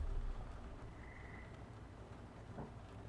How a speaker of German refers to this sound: Die Geräusche hört ihr auch klar und auch da ist wieder nicht klar zu definieren, also diese schnatternden Froschgeräusche, von welcher Richtung die jetzt überall kommen und woher nicht.